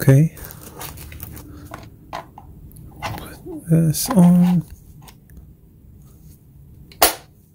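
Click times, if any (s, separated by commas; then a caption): 7.0 s. Someone talks as a 20V battery pack, which has no charge, is slid onto the base of an Avid Power 20V Max cordless impact wrench. A loud, sharp latch click at 7.0 s shows the pack has seated on the wrench.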